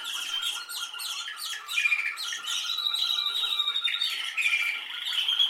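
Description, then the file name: Canary singing dense, rapid trills and chattering notes. "Canary Voice"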